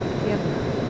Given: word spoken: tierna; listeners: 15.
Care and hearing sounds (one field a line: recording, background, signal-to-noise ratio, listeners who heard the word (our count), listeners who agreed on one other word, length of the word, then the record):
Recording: one Spanish word in noise, from a listening test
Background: speech-shaped noise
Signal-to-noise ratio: -4.0 dB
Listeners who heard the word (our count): 1 of 15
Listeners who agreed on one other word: 8 of 15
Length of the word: 0.49 s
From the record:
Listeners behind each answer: 8, 2, 1, 1, 1, 1, 1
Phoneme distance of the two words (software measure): 10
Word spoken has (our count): 2 syllables, 6 phonemes, stress on syllable 1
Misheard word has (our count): 2 syllables, 6 phonemes, stress on syllable 1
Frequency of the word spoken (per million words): 7.06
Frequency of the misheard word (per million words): 25.31